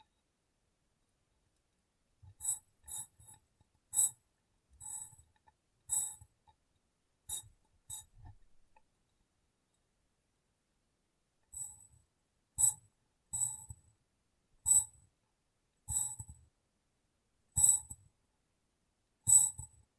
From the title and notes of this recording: ASMR Glass Brain Tapping & Cleaning (No Talking).